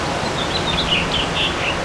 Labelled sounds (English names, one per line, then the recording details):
House Finch song
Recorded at Patchogue on Long Island, New York, on 21 June 2013
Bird B